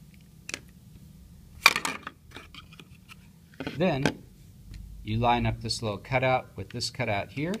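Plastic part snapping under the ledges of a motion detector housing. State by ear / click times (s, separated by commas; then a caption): seated / 0.5 s, 1.7 s. A plastic part of a GE/Interlogix motion detector (NX-481 / 60-807-95R), its notches lined up over pins and ribs, is slid into the housing and snaps into place under a small ledge on each side. Sharp plastic snaps are heard at 0.5 s and 1.7 s, followed by a few lighter clicks and handling sounds. Then someone talks.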